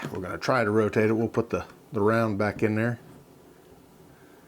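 A cartridge is put back into the regulator slot of a rifle gas block's gas regulator and positioned before the regulator is rotated. Someone talks from about 0.0 to 3.0 s, followed by quiet low background hiss. Nothing has seated or clicked yet.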